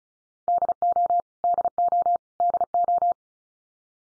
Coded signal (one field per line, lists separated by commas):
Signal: Morse code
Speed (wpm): 34 wpm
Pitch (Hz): 700 Hz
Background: none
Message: DO DO DO